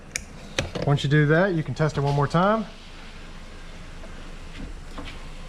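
On a 2014-2019 Chevrolet Silverado/GMC Sierra 4-door, a wiring connector is plugged back into the rear left door module after a door glass replacement. Sharp, short clicks at 0.2 s and 0.6 s show the connector seating. Then someone talks.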